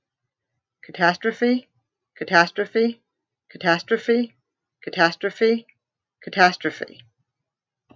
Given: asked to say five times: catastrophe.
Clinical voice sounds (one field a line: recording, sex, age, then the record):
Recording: repeated word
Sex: female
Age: 40 to 49 years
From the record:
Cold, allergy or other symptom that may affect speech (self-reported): no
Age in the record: 43 years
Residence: New Jersey, United States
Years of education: 12